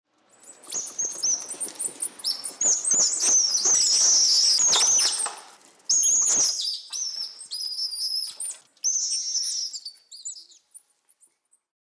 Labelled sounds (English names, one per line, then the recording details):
South American Coati
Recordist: Tembrock, Günter
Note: Paar: agonistisches Verhalten